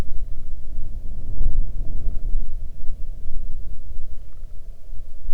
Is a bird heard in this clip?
yes